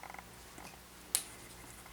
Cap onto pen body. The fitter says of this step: it just pops off and then you just put it back on and make sure you hear the little click